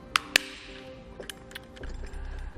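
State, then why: Seated. A plastic core bar adapter is pressed into a tower of a Yakima RidgeLine roof rack for flush rails on a 2015 Volkswagen Golf SportWagen, with the tower facing up. Two sharp, loud clicks ring out at 0.2 s and 0.4 s as the adapter seats, followed by a few fainter taps and handling noise. The adapter is seated in the tower.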